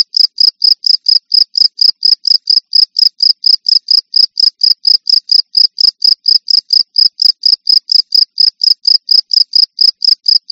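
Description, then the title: Cricket song of many evenly spaced shrill chirps, sustained through the whole stretch. "jangkrik"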